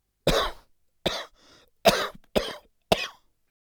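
Five short, sharp coughs from an adult, in quick succession.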